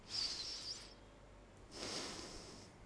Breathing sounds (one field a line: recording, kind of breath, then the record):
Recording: one breath in and out by a microphone near the nose and mouth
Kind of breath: deep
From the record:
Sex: male